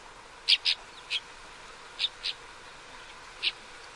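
Mountain finch calls: six brief, high chirps, two quick pairs and two single notes, with long gaps over faint background hiss.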